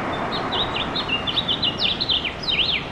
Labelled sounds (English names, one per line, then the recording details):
House Finch song
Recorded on Long Island, New York, on 21 June 2011
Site IT
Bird C